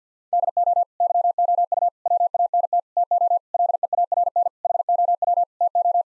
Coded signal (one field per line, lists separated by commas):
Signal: Morse code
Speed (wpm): 50 wpm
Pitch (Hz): 700 Hz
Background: none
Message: DO YOU WANT TO LEARN HOW TO